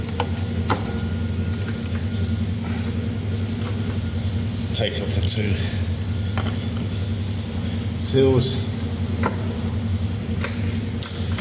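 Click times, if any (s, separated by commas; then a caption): 11.0 s. On a Nissan Qashqai, after the two seals are removed, a plastic fuel-line quick connector is pushed onto the outlet of the new diesel fuel filter while someone talks over a steady low hum. Several short sharp knocks are heard, and the sharpest, at 11.0 s, is the connector clicking home and latching onto the filter.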